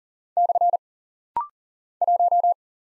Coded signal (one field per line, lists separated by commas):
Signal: Morse code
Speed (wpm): 40 wpm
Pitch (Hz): 700 Hz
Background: none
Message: / 1